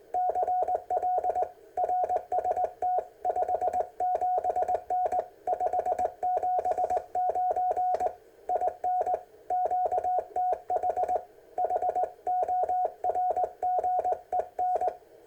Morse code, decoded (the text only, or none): CL RST 57N 579 IN QTH HORGEN